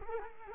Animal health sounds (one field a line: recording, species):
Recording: mosquito wingbeat signal from an infrared sensor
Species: Culex pipiens